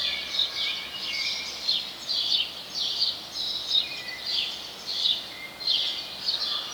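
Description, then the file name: House sparrow calls, a busy run of rasping chirps, some overlapping, repeating quickly throughout against a background of steady noise. "Passer domesticus"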